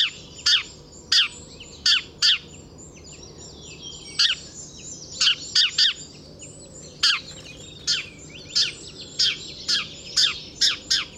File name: Passer domesticus